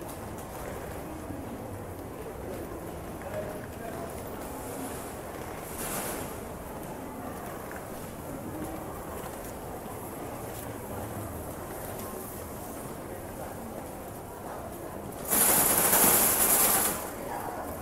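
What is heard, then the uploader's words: A busy train station hums with a steady murmur of people talking and footsteps, a dense, even din throughout. Near the six-second mark a brief hiss stands out, and around fifteen to seventeen seconds a loud, bright hissing burst rises sharply, then cuts off. It is a recording of a busy train station. You can hear the hustle and bustle of the station, people talking, trains coming and going, and other ambient noise. BUSY TRAIN STATION AMBIENT SOUNDS.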